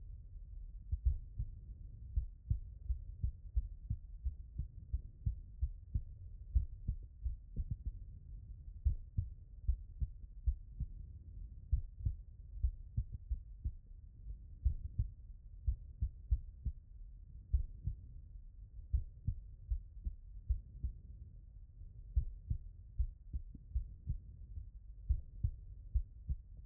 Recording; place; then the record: heart sounds by stethoscope; tricuspid valve (TV)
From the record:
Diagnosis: non-HFrEF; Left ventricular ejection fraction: 62%